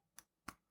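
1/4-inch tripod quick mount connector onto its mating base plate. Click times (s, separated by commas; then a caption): 0.5 s. A collar is pulled back on a metal ball-detent 1/4-inch tripod quick mount connector from a Zhiyun Quick Setup Kit, which is lined up on its mating base plate and let go. A lighter tick sounds at 0.2 s, followed by a sharp, louder snap at 0.5 s. The connector locks in place on the plate and can hardly be pulled off.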